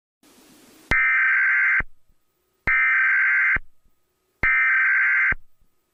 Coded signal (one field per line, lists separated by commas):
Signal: Emergency Alert System (SAME) tones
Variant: header bursts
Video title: EAS Scenario #12 - Extreme Blizzard